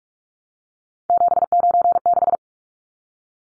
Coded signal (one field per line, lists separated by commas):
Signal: Morse code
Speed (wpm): 44 wpm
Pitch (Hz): 700 Hz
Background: none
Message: 796